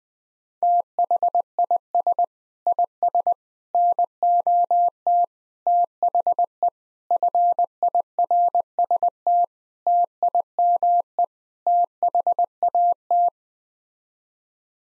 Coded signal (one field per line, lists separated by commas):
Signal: Morse code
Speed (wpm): 20 wpm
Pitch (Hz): 700 Hz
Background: none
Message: THIS IS NOT THE FIRST TIME THAT